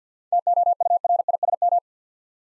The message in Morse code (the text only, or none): TOURISM